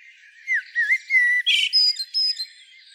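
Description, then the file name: Common blackbird giving a short series of slurred whistles followed by a buzzy, scratchy burst and thin high notes. "Turdus merula"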